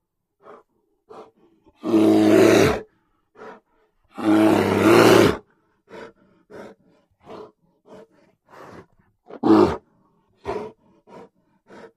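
Bear roaring, with two long roars early on, one shorter roar later, and short, softer sounds scattered between them.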